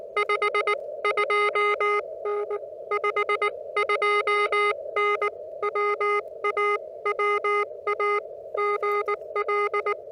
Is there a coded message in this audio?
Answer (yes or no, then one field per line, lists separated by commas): yes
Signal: Morse code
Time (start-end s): 0.2-9.9 s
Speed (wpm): 19 wpm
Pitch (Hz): 420 Hz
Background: music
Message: 5 2N 5 2N WA WA GL